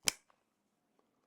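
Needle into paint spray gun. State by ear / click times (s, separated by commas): seated / 0.1 s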